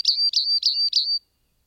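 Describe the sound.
Rock wren singing a short phrase of four high notes in even succession, each about a quarter second long with a rough start and a steady tone, then silence.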